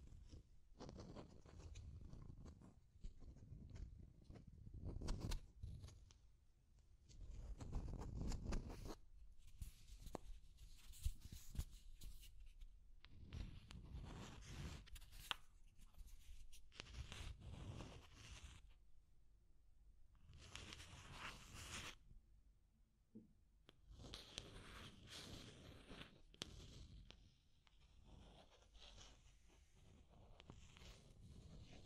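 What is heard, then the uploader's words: Deep scratching in irregular bursts, each a rough, rasping stroke with a heavy low rumble beneath and a gritty hiss on top. Strokes come every second or two, with louder clusters around 5, 8 and 15 seconds and quieter stretches between. Deep Scratching. (No Talking).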